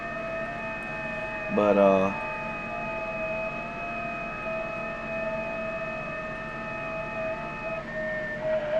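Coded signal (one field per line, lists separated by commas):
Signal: FT8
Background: speech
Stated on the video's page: FT8 on 40 and 20 meters using WSJT-X.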